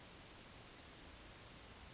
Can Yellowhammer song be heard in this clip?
no